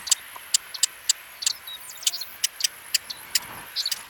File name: Euphagus cyanocephalus - Brewer's Blackbird